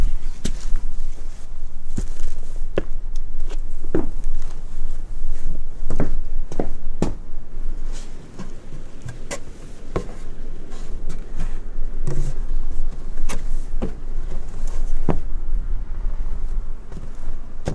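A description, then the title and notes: Footsteps while walking over varied ground, with sharp crunching and knocking steps landing irregularly, roughly once or twice a second, for the full length. A steady low rumble, like wind, sits underneath throughout, with softer scuffs between the louder steps. ASMR Relaxing Binaural Sounds of WALKING in a Viking Village in Iceland with a very large diversity of footsteps sounds in nature: mud, wood, water, peat, grass, straw, gravel...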